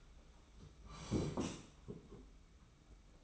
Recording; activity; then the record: daily activity, microphone in the room; sit down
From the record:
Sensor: 1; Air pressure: 991.7 hPa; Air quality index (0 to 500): 153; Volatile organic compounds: 1000 ppm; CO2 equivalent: 5677 ppm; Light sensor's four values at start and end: 30/100/39/39 and 30/102/39/40